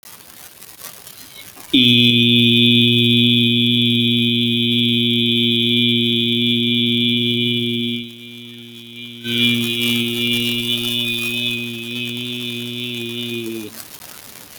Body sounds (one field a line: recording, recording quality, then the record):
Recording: sustained vowel as in beet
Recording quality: excellent, no background noise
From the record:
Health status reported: healthy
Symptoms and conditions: none ticked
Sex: male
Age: 44 years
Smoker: not ticked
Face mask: not worn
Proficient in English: yes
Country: India